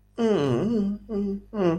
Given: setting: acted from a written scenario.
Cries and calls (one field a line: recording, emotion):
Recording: vocal sound without words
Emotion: neutral